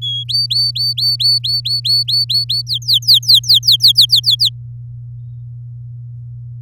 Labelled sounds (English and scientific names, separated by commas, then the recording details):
Domestic Canary (Serinus canaria) song
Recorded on 8 May 2018 at 07:10
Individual llb16